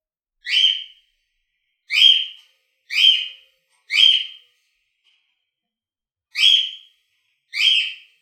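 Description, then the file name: Corella giving six short, screechy calls in a loose series with a pause midway, otherwise silent background. At home. "Corella Parrot At Home"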